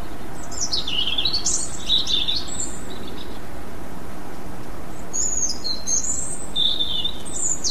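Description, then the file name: European robin giving two high, wavering song phrases of thin whistles and trills separated by a quiet pause, amid continuous low hiss. "rouge gorge"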